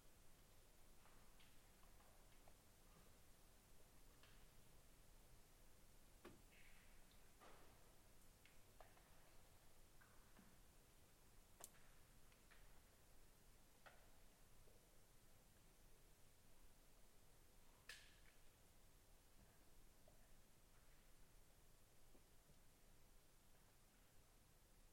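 A quiet rural soundscape at a home property near South River, Ontario, with a steady soft hiss throughout. Scattered light ticks and small rustles come every few seconds, with sharper clicks around six, eleven and eighteen seconds.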